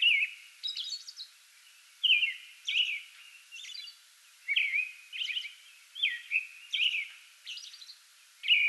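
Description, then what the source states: American robin song, clear caroling phrases rising and falling around mid-high pitch, delivered in quick bursts with short pauses and occasional high squeaky notes. Pre-dawn song bout, 8 May 2022.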